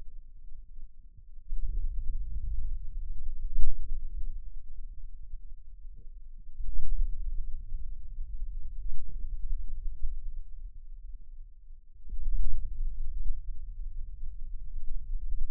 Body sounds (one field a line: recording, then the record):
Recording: forearm muscle sounds (acoustic myography)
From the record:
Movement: radial deviation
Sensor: system 2, bracelet of six BSWA MPA416 microphones around the upper forearm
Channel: 1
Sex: male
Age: 22 years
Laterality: right